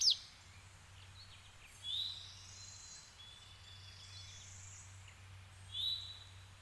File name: kevin boucher nature woods ambience birds close and in distance